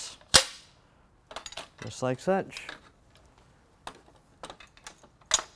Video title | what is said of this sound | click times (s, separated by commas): SHRAIL Inventors Demo | we're gonna put this mail in into this female in until it clicks just | 0.4 s